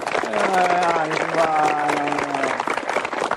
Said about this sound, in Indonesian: Tepuk tangan buat.